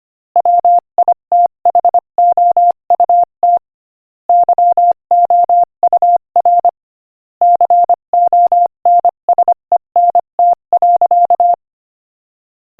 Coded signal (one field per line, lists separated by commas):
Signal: Morse code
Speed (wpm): 25 wpm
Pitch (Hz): 700 Hz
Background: none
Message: WITHOUT YOUR CONSENT.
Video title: Morse Code Practice: 25 wpm Inspirational Quote 14